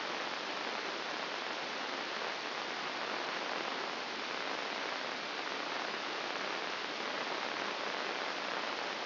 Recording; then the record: brain microelectrode recording played as sound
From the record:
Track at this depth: inside the subthalamic nucleus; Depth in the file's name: 4.302 mm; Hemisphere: left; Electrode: 2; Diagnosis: Parkinson's disease